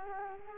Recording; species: mosquito wingbeat signal from an infrared sensor; Culex quinquefasciatus